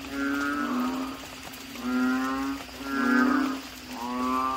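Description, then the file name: Asian common toad calls: nasal, harmonic croaks about once a second. "suara kodok bangkong"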